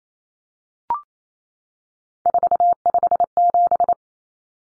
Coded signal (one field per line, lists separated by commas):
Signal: Morse code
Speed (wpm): 28 wpm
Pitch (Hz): 700 Hz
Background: none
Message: 457